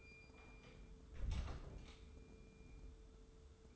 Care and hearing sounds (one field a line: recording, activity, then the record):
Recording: daily activity, microphone in the room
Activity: close door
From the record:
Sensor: 3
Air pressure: 1015.1 hPa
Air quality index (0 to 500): 123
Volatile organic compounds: 5 ppm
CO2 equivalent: 1731 ppm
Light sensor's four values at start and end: 16/40/16/17 and 16/40/16/17